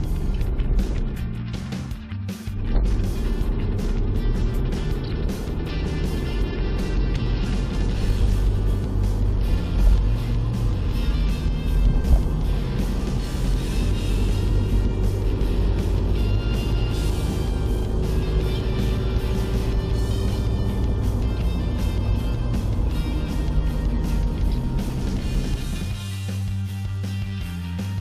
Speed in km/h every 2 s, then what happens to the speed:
33, 36, 40, 46, 50, 48, 48, 50, 55, 57, 60, 60, 48, 32.
0-7 speeds up to 50. 7-12 steady at about 48. 12-22 speeds up to 60. 22-28 brakes to 32.